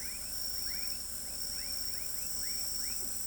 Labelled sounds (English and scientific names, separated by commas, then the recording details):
none
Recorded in pastures near Pivijay, Magdalena, Colombia, on 4 June 2023 at 20:30
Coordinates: 10.456, -74.369
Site P6-G026